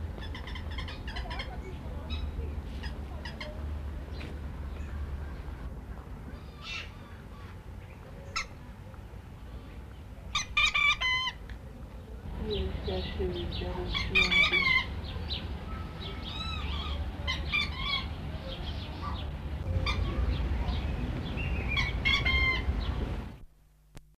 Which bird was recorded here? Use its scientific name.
Vanellus tricolor